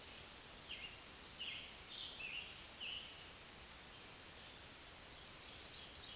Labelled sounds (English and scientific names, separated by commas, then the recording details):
Scarlet Tanager (Piranga olivacea) song
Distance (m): 75 m
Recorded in a Pennsylvania forest on 1 June 2023 at 08:08
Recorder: AudioMoth, point grid3_40_low
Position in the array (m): 164 m, 141 m